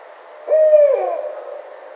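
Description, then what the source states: Barred owl call, a lone low hoot sustained evenly before sliding down and fading away, with quiet background hiss. Recorded 10 May 2009.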